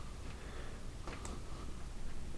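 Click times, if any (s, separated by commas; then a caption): 1.1 s, 1.2 s. The threaded winding crown of an RVLVR A9 automatic watch, pulled out one position to hack the seconds, is pushed back into the case. Two sharp clicks at 1.1 s and 1.3 s sound over a low steady background hum. The crown seats cleanly in its running position with a distinct, nice click.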